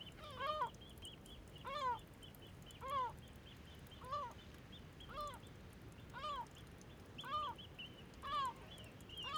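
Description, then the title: Gull calls, clear downslurred mewing notes spaced roughly every second, over a soft steady background hiss with a faint high tone. Calm gulls flying in a 'ballet' over Bøur, Faroe Islands, with a small stream trickling nearby; recorded in ORTF stereo. "Ballet de mouettes, calmes, 3HWW+78 Bøur, Îles Féroé - Ballet de mouettes, calmes. Ballet de mouettes en vol Féroé"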